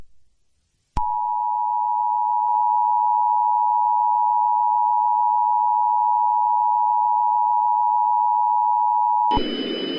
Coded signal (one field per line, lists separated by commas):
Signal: Emergency Alert System (SAME) tones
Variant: 853 and 960 Hz attention tone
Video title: RobotBoy: Full EAS Scenario